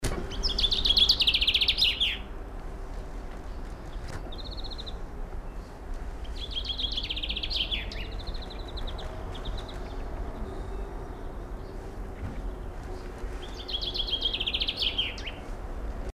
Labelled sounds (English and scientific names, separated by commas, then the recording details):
Common Chaffinch (Fringilla coelebs) song, European Greenfinch (Chloris chloris)
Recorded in the wild
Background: Chloris chloris
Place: Oberstdorf, Bayern, DE
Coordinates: 47.415, 10.2603
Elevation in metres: 889
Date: 1980-04-06
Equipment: Uher 4000 Report
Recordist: Tretzel, Erwin
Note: Ostersonntag, Hotel Adula, Oberstdorf: Gesang